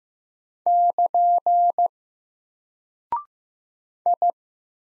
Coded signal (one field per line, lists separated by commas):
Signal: Morse code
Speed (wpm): 15 wpm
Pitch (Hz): 700 Hz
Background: none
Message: <KN> I